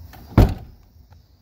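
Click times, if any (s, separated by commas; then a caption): 0.4 s. A pickup truck door (latch repair and reinforcement for 1994–2001 Dodge Ram, 1997–2001 Jeep Cherokee and 1993–1998 Grand Cherokee) is shut onto a newly installed steel striker reinforcement plate, with the striker pin adjusted so it barely rubs. A loud latch thunk sounds at 0.4 s, followed by a faint tick near 1.1 s. The latch catches only partway, and the door does not close all the way.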